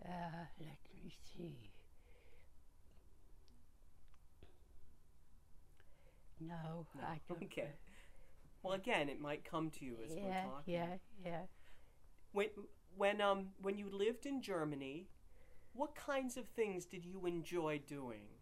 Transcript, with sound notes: Ah, let me see. No, I —
Okay. [chuckles] Well, again, it might come to you as we're talking.
Yeah, yeah, yeah.
When — when — when you lived in Germany, what kinds of things did you enjoy doing?